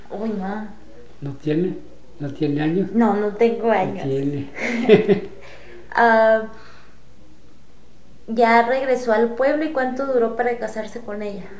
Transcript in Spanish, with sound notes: ¡Uy, no!
¿No tiene? ¿No tiene años?
No, no tengo años.
Sí tiene. (risas)
Ya regresó al pueblo y, ¿cuánto duró para casarse con ella?